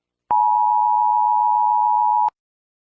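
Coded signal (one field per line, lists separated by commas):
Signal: Emergency Alert System (SAME) tones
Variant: 853 and 960 Hz attention tone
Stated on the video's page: Fictional short EAS scenario.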